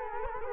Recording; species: mosquito wingbeat signal from an infrared sensor; Culex quinquefasciatus